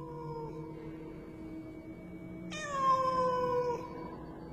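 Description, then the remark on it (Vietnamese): A cat lets out a long, insistent meow that rises sharply and wavers in pitch, sounding urgent and plaintive, over a low steady background hum. “chỉ là tiếng con mèo kêu, nghe lại là càng khẩn thiết.”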